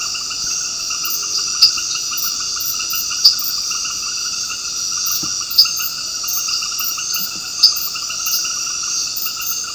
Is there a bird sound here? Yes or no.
no